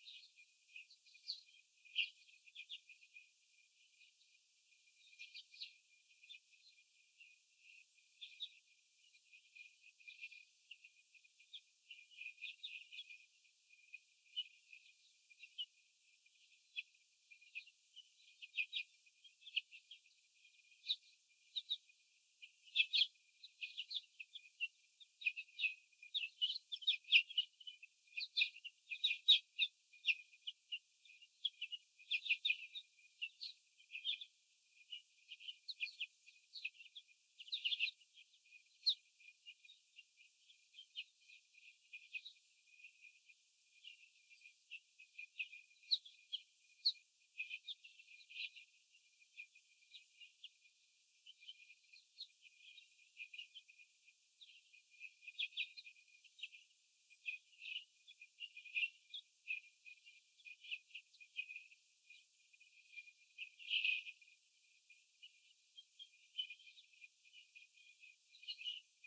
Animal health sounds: young laying hens in a cage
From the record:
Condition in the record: after the stressor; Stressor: sudden umbrella opening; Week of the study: 3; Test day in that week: 2

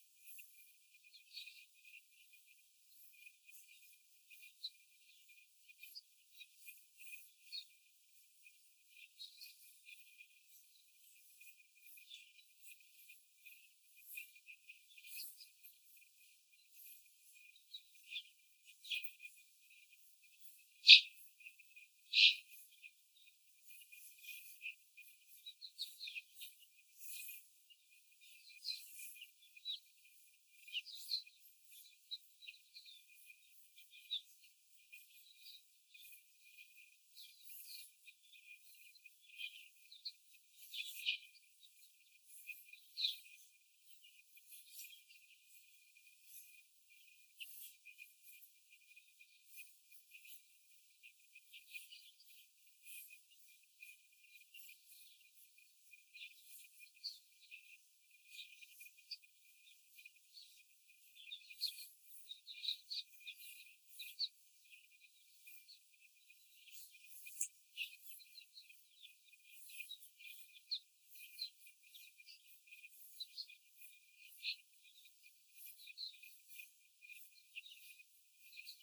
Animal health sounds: young laying hens in a cage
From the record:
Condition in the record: after the stressor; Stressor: simulated dog barking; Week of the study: 4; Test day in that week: 1

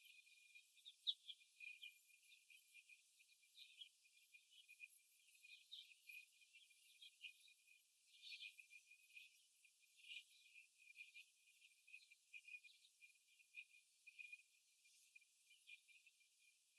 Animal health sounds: young laying hens in a cage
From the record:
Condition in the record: after the stressor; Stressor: simulated dog barking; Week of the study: 1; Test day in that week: 2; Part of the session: 2

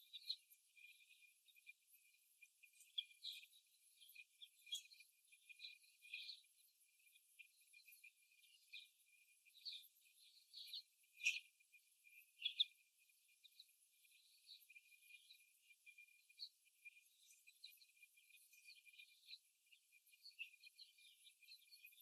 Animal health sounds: young laying hens in a cage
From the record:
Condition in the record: before the stressor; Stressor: simulated dog barking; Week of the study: 1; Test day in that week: 1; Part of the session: 3

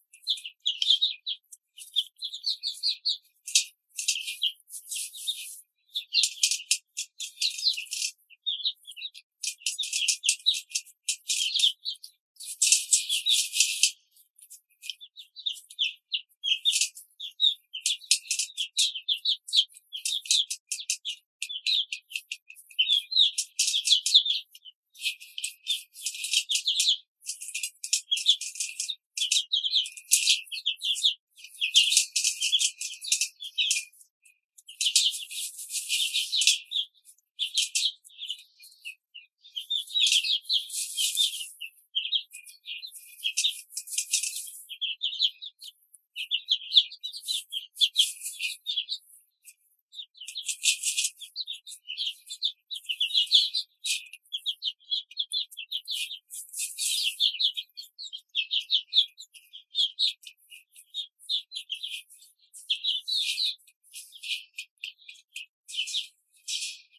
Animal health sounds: young laying hens in a cage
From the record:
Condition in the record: control cage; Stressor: none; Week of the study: 5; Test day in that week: 1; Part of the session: 3

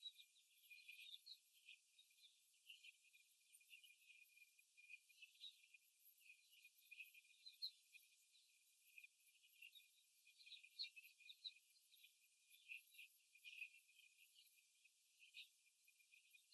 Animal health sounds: young laying hens in a cage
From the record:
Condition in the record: after the stressor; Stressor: simulated dog barking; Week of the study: 3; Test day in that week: 2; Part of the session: 4

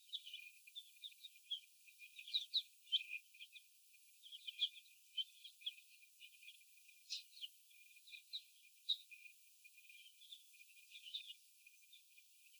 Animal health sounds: young laying hens in a cage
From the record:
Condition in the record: before the stressor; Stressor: sudden umbrella opening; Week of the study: 2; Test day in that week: 1

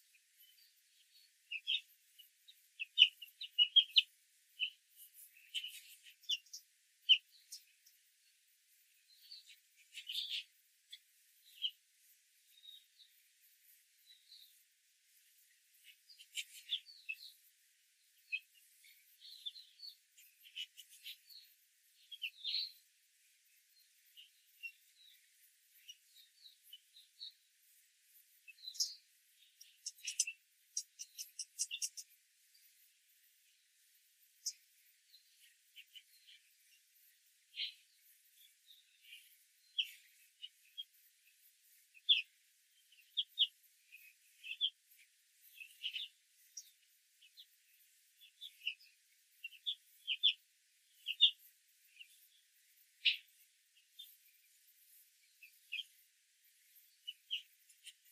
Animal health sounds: young laying hens in a cage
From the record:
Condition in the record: control cage, after the stress test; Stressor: none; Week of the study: 4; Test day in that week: 1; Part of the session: 1

